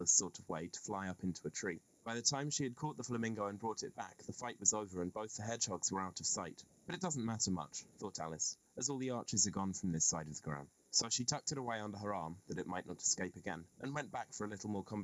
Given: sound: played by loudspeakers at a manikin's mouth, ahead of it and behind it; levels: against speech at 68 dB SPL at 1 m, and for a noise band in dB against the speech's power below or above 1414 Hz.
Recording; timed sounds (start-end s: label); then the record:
test signals for a remote microphone
0.00-15.04 s: man speaking
From the record:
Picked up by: remote microphone A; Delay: 47 ms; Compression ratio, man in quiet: 8.14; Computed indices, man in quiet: SII 0.991, HASPI 1.000, HASQI 0.503 (non-linear 0.584, linear 0.862), ESTOI 0.841